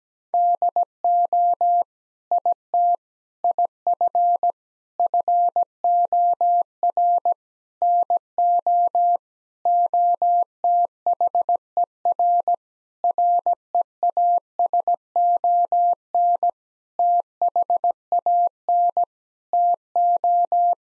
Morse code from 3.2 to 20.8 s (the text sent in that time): IF FOR NO OTHER REASON THAN TO